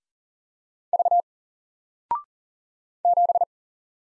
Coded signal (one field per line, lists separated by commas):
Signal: Morse code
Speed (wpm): 40 wpm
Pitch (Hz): 700 Hz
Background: none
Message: V 7